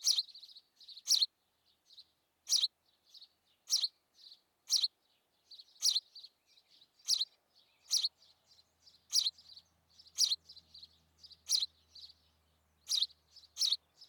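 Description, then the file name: House sparrow giving regular sharp chirps roughly every second, softer twittering notes filling the gaps, and a faint low hum in the second half. "Passer domesticus"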